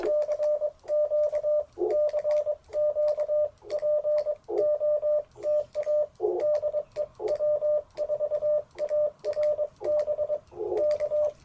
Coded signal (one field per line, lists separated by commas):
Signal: Morse code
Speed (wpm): 20 wpm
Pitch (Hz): 600 Hz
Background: none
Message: CQ CQ POTA DE W4ARB K